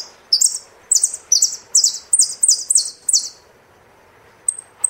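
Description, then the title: Saffron finch song: a quick series of high, buzzy two-part phrases in rapid succession, then a pause and two thin, sharp notes near the end. "Jilguero Argentino"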